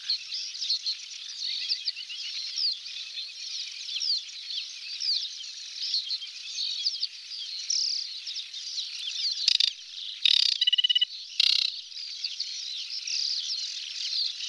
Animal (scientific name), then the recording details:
Acrocephalus paludicola. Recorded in the wild. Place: Nagyivan / Hortobagy Nationalpark, HU. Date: 1990-05-15. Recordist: Schwarz, Dieter